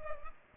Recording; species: mosquito wingbeat signal from an infrared sensor; Culex pipiens